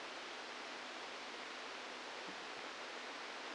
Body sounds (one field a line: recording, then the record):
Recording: brain microelectrode recording played as sound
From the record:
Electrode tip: outside the subthalamic nucleus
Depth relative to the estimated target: 3 mm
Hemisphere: left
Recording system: NeuroSet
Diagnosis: Parkinson's disease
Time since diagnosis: 17 years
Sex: male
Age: 64 years